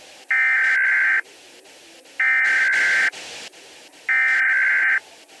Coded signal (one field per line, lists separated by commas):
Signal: Emergency Alert System (SAME) tones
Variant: header bursts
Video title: EAS Alert for Dillon County - DILLON COUNTY VHS